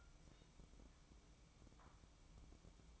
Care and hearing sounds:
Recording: daily activity, microphone in the room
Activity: take from stove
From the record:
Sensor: 1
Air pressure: 1008.1 hPa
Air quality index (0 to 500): 134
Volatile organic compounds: 2 ppm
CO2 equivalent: 1124 ppm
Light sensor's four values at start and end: 8/18/7/8 and 8/18/7/8

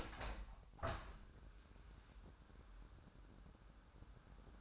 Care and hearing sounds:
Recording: daily activity, microphone in the room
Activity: open window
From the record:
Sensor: 2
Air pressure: 997.9 hPa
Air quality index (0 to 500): 140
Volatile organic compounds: 4 ppm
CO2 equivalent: 1586 ppm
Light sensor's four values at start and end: 10/30/12/11 and 10/30/12/12

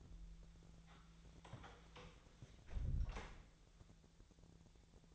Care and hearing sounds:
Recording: daily activity, microphone in the room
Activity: close door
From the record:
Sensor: 3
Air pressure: 1000.5 hPa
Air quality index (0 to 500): 180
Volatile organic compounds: 4 ppm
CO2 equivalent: 1562 ppm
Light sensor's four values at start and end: 12/30/12/13 and 12/29/12/13

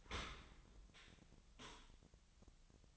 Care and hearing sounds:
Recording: daily activity, microphone in the room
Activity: open dishwasher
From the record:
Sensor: 3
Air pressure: 1003.0 hPa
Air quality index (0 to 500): 196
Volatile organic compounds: 6 ppm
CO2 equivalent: 1916 ppm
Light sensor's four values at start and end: 19/47/20/21 and 19/47/20/21

